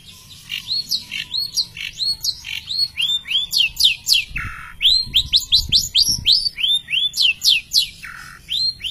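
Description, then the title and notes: Long-tailed shrike song: a quick, continuous string of high, upslurred squeaky notes, varied in pitch, with a few lower harsh notes. Masteran recording of assorted chirping birdsong, used for training songbirds. "cendet_05. Bermacam macam suara kicauan burung Masteran"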